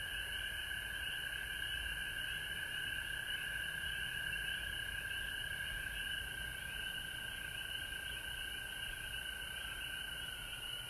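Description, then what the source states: Frog chorus, dense pulsing trills running without pause, a bright steady drone with a high hiss above. Recorded at home in Georgia on March 19, 2020.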